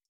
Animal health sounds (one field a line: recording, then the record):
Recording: hydrophone in a shrimp aquaculture tank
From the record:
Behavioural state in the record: feeding